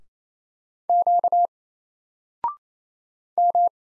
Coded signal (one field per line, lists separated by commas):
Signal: Morse code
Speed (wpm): 27 wpm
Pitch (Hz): 700 Hz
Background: none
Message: Q M